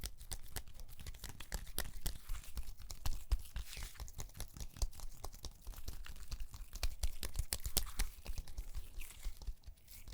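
Massage sounds on the neck and shoulders, layered into a dense, continuous stream of crisp crackles, rubbing and crinkly rustling. Sharp clicks and snaps land irregularly every fraction of a second, over a soft low rumble, with no speech throughout.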